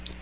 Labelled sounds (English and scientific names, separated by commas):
Magnolia Warbler (Setophaga magnolia) flight call